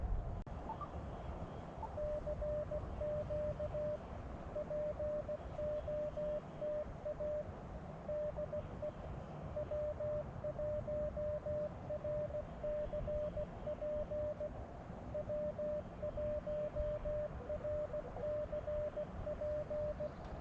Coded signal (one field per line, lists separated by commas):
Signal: Morse code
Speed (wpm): 17 wpm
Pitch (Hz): 600 Hz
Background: radio noise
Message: CQ POTA DE W1RCP W1RCP